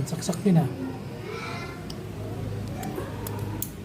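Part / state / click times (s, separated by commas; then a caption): crankshaft position sensor connector into wiring harness socket / seated / 3.6 s. The crankshaft position sensor wiring connector on a Yamaha Nmax V2 scooter is pushed into its wiring harness socket while someone talks. A sharp click at 3.6 s marks the connector locking into place.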